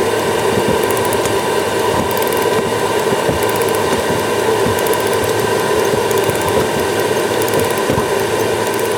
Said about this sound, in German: Jetzt kommt die alte Trommel raus, die ist befestigt an einem Metallteil. Man hört jetzt ein Ticken, das ist ein Uhrwerk. Dieses Uhrwerk muss auch immer aufgezogen werden, damit die Falle weiterläuft.